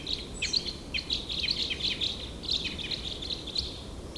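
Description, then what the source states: Red crossbill calls: a rapid series of short, sharp chip notes repeated steadily throughout, over low background noise. Recorded 15 November 2014 in the Ruselgebiet area.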